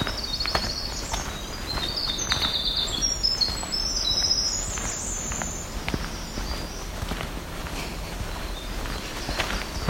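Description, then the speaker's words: Black-throated Green Warbler singing thin, high notes in short phrases over loud footsteps and rustling outdoor noise. Morning song; the fourth black-throated green warbler heard. "Another black-throated green warbler making that song. That's the fourth one."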